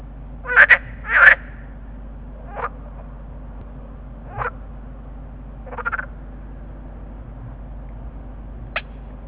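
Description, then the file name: Water frogs croaking in short, rasping pulsed bursts: a quick pair near the start, then scattered single croaks over a steady low hum. Water frogs calling together in a chorus. "groenekikker roepkoor"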